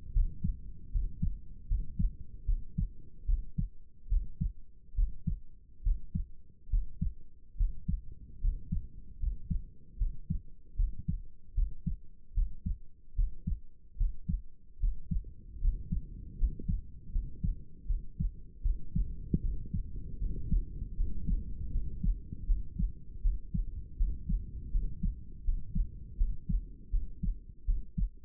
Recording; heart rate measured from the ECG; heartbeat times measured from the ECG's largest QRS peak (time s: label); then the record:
heart sounds by stethoscope; 76 bpm
0.13 s: heartbeat
0.92 s: heartbeat
1.68 s: heartbeat
2.46 s: heartbeat
3.26 s: heartbeat
4.09 s: heartbeat
4.95 s: heartbeat
5.83 s: heartbeat
6.70 s: heartbeat
7.57 s: heartbeat
8.40 s: heartbeat
9.19 s: heartbeat
9.98 s: heartbeat
10.76 s: heartbeat
11.54 s: heartbeat
12.34 s: heartbeat
13.15 s: heartbeat
13.97 s: heartbeat
14.79 s: heartbeat
15.60 s: heartbeat
16.37 s: heartbeat
17.11 s: heartbeat
17.87 s: heartbeat
18.62 s: heartbeat
19.41 s: heartbeat
20.19 s: heartbeat
20.96 s: heartbeat
21.71 s: heartbeat
22.46 s: heartbeat
23.21 s: heartbeat
23.97 s: heartbeat
24.71 s: heartbeat
25.44 s: heartbeat
26.17 s: heartbeat
26.90 s: heartbeat
27.65 s: heartbeat
From the record:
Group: healthy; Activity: rest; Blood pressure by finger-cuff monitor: 111/71 mmHg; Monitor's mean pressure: 80 mmHg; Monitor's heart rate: 76 bpm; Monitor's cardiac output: 6.2 L/min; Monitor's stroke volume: 83 mL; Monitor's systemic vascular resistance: 900 dyn s/cm5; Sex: male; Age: 35 years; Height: 180 cm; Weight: 86.9 kg